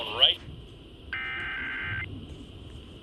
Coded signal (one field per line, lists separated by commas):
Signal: Emergency Alert System (SAME) tones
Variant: header bursts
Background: speech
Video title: San Luis Obispo County Monthly EAS Test (11/3/22) (EAS #528-529)